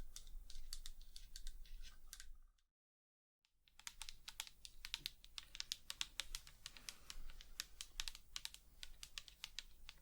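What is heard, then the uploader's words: Quick, light fingernail tapping clicks along steadily, with crisp bright edges and little low end. A full silence cuts in around the two-and-a-half second mark for about a second, then the dense, uneven tapping resumes over a faint steady hum. ASMR Tapping To Make You Sleep & Relax Long Nails, No Talking.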